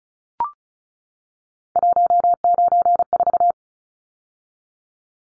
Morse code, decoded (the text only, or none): 194